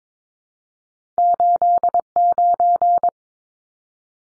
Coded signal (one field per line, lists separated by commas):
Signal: Morse code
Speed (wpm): 22 wpm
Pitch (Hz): 700 Hz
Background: none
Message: 89